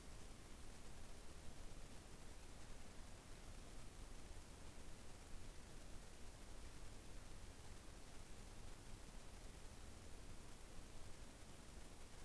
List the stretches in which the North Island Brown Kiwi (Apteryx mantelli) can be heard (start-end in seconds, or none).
none